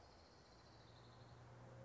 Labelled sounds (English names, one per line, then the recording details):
Orange-crowned Warbler
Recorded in Sonoma County, California